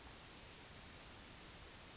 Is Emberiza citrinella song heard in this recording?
no